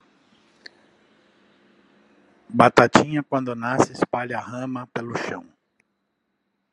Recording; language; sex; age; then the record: short text; Brazilian Portuguese; male; 50 to 59 years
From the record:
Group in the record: control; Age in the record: 54 years